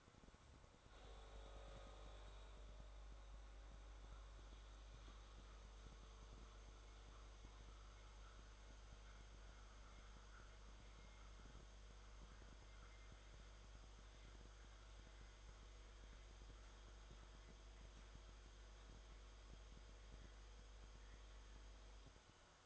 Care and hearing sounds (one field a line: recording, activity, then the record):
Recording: daily activity, microphone in the room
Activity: make coffee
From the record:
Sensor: 3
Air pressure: 1014.7 hPa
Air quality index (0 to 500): 189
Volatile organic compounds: 20 ppm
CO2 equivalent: 2704 ppm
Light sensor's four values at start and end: 5/12/4/4 and 5/12/4/4